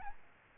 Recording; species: mosquito wingbeat signal from an infrared sensor; Aedes albopictus